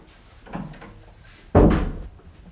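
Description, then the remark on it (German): A bathroom door is closed by a person: it swings shut with a soft rustle of movement first, then a solid, fairly loud thud as it closes, leaving a brief fading rumble afterward. “Soll ich die Tür wieder zumachen? Ach ja, machen Sie zu.”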